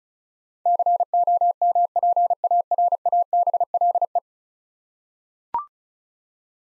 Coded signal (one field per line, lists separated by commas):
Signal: Morse code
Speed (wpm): 36 wpm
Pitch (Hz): 700 Hz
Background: none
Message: COMPARABLE